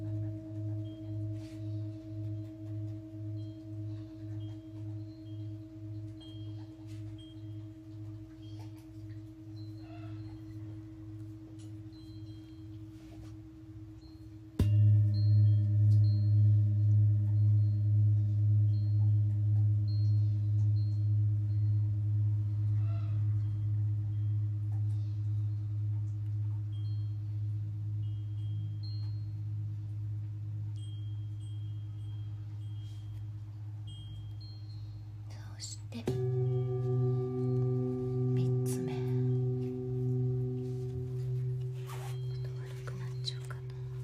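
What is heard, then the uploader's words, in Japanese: Three large singing bowls ring in turn for sound healing: a low, wavering hum sustains from the start, a second deeper bowl is struck near fifteen seconds and swells louder, and a third, brighter bowl joins around thirty-six seconds. Each tone slowly pulses and fades. 大きいボウル3つだけのサウンドヒーリングLive メキシコは朝です。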